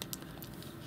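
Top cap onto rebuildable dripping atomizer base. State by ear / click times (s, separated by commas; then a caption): seated / 0.0 s, 0.1 s. The top cap of a Dead Rabbit SQ rebuildable dripping atomizer (RDA), set to its two small airflow holes, is pushed onto the deck before being screwed down. Two sharp clicks at 0.0 s and 0.1 s are followed by fainter ticks and a low background hum. The top cap clicks into place and is seated.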